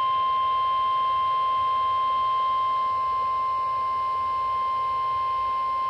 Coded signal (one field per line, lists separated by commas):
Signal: Emergency Alert System (SAME) tones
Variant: 1050 Hz attention tone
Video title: NOAA Weather Radio - EAS Doubleheader SVR & Special Marine Warning [EAS #212-#213] (7/2/22)